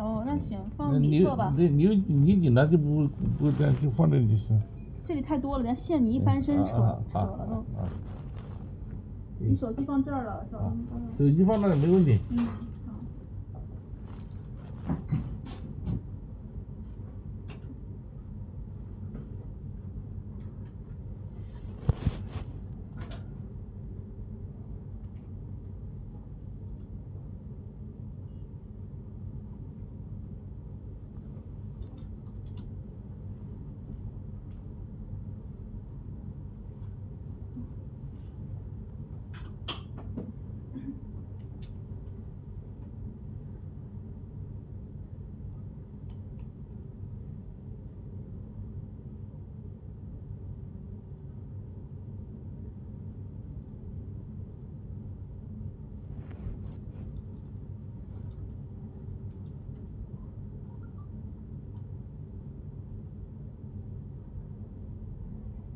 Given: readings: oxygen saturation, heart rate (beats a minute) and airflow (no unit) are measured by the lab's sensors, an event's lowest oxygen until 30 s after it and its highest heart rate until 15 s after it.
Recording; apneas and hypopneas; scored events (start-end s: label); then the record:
a person awake in a sleep study, by a smartphone at the bedside; none
2.00-65.76 s: awake
From the record:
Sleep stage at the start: awake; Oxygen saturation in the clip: 93 to 96%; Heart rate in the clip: 78 to 88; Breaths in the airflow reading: 13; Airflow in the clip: -5.1 to 7.2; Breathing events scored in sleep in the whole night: 131 in 7.2 hours asleep